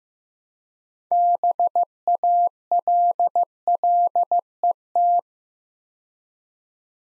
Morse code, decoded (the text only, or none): BALLET